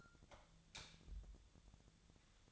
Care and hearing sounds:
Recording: daily activity, microphone in the room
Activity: light off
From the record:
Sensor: 3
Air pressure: 1000.0 hPa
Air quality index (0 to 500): 122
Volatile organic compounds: 2 ppm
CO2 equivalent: 1097 ppm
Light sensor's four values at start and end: 39/101/43/46 and 37/93/40/44

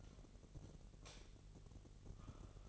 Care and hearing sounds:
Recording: daily activity, microphone in the room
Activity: light off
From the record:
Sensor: 4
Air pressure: 1012.7 hPa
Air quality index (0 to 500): 247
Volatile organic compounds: 4 ppm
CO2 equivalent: 1682 ppm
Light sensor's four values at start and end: 17/44/17/19 and 15/34/14/14

